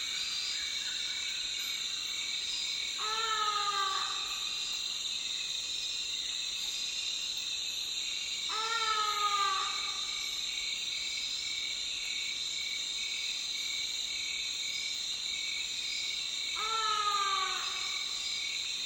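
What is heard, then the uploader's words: Nightfall in dense rainforest, filled with a loud, constant bed of high insect chirring that never lets up. Three times, near the third, ninth and seventeenth seconds, a drawn-out, eerie call with stacked wavering tones rises and falls over about a second. Congo Basin - Dense Secondary Rainforest - Evening - Loud And Eerie. Nightfall in dense rainforest, far away from camp.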